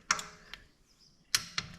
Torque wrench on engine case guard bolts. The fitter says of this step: got that click all right let's go to the rear